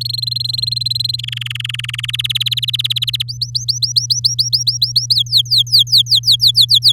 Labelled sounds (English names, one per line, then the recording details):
Domestic Canary song
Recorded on 8 May 2018 at 12:05
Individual llb16